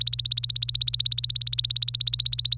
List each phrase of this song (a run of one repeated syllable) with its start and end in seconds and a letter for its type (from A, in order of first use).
0.00-2.57 A